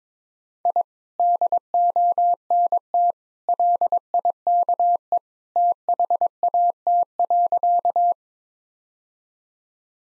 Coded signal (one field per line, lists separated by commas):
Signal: Morse code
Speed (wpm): 22 wpm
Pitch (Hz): 700 Hz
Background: none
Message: I DONT LIKE THAT.